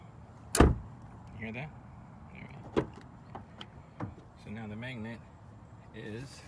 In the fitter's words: you can hear it click in the place